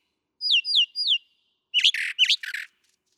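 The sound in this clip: Brown thrasher song: three matching downslurred whistled notes in quick succession, then a pause and harsh, buzzy paired phrases; no other sounds.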